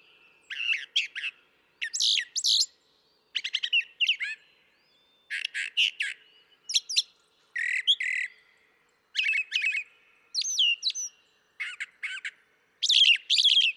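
Brown thrasher song: a steady stream of loud, varied phrases with whistles, harsh squawks and chatters, many phrases doubled, short pauses between.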